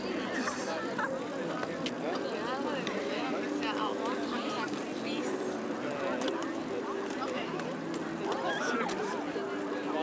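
Hundreds of people go about their activities on the Tempelhofer Freiheit in Berlin, a steady dense murmur of many overlapping voices with no single speaker standing out. Bicycle and wheeled rolling sounds pass through the crowd, with brief clicks and sharper bits scattered throughout.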